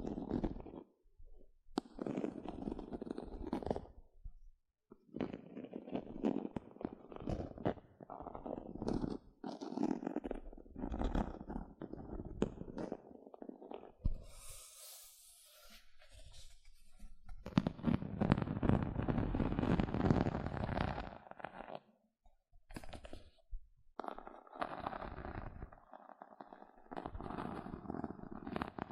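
Gentle scratching comes in short, uneven bursts of rough, low rustle separated by brief silences. Around fifteen seconds a thin, hissy stroke rises higher, then a denser, louder stretch of scratching runs from about eighteen to twenty-one seconds before the bursts resume.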